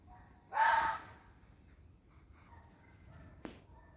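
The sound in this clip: Fox making a single rough, hoarse bark-like call, followed by near silence and a brief sharp click near the end.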